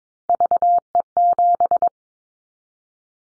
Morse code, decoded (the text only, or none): VE7